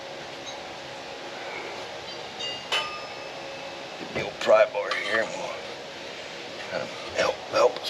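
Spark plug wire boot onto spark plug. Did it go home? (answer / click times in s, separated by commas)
yes / 7.8 s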